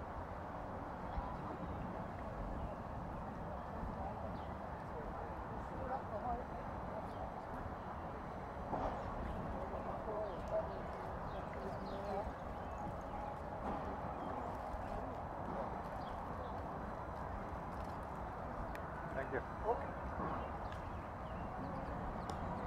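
Outdoor city ambience in Lafayette Square by the White House: a dense, steady murmur of overlapping voices over a low traffic rumble. Faint clicks and footsteps, possibly hooves, pop out now and then, with slightly louder moments near nine and twenty seconds.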